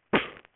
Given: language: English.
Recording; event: throat vibration sensor signal played as sound; cough